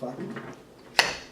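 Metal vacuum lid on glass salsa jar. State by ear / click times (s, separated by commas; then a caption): released / 1.0 s. A metal vacuum lid is twisted open on a glass salsa jar while someone talks. The safety pop button on top releases with a sharp, bright click at 0.99 s, confirming the seal has let go.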